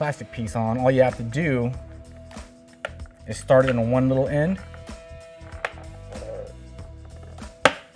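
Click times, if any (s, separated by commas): 7.7 s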